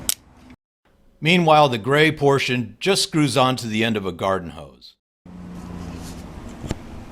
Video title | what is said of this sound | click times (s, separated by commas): Clean Your Jacuzzi and Get Sparkling Spa Water! | And the orange portion just snaps in place. | 0.1 s